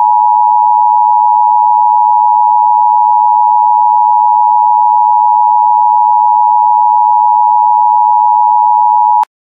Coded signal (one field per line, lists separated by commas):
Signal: Emergency Alert System (SAME) tones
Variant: 853 and 960 Hz attention tone